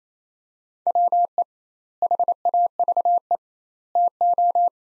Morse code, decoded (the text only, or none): WE HAVE TO